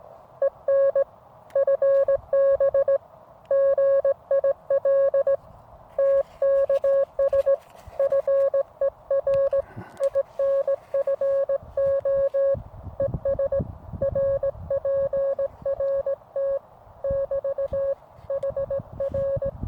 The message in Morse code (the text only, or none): EN FB GIL TKS FER INFO ES RPRT <BT> HR